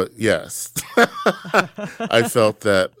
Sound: laughter

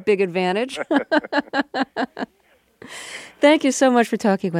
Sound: laughter

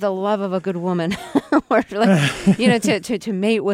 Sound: soundbite of laughter

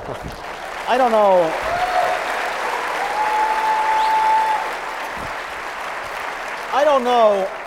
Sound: applause

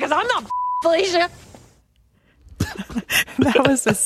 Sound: laughter

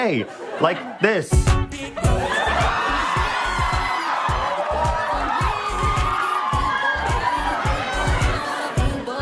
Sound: whooping

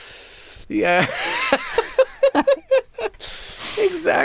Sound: laughter

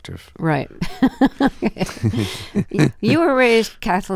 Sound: laughter

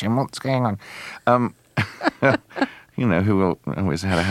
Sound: laughter

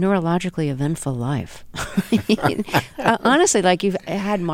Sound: laughter

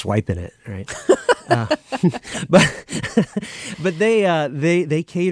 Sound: laughter

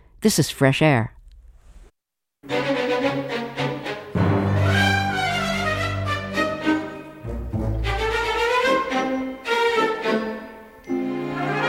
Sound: from the motion picture 'death becomes her

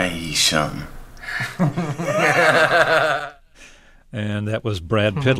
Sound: soundbite of laughter

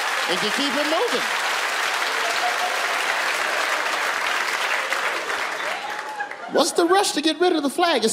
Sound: applause

